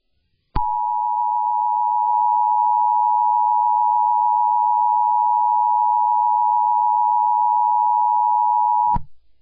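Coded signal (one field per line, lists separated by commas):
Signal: Emergency Alert System (SAME) tones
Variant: 853 and 960 Hz attention tone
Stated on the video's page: EAS tornado warning captured during a television re-airing of a show, around 2010.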